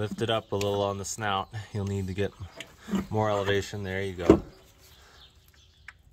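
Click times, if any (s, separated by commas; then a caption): 5.5 s, 5.9 s. Someone talks while a torque converter is pushed onto a transmission's input shaft and pump. After the talking stops, two clunks are heard at about 5.5 and 5.9 seconds. That is only two of the three needed, so the converter is only partly seated.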